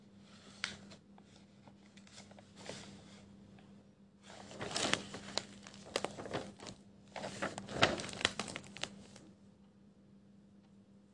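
Pencil scratching and scribbling on paper, coming in bursts of dense, bright scratchy strokes, busiest from about 4.5 to 9 seconds. Shorter, sparser marks appear earlier, with small clicks and taps. A steady low hum runs underneath throughout.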